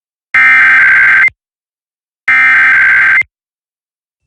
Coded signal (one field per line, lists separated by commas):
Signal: Emergency Alert System (SAME) tones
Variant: header bursts